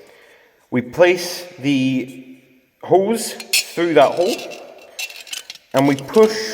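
Someone talks while a gas burner is handled into a Trangia camping stove base, its gas hose fed through the hole in the base before the burner is pushed down. Two brief sharp handling sounds occur around 5.3 s and 5.5 s, but the burner has not locked into the base yet.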